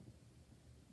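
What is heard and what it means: The twist-lock lid of a Steamulation Pro X hookah's heat management device is being put onto its base, with only a steady low rumble and faint rustling heard. Nothing has seated or locked into place yet.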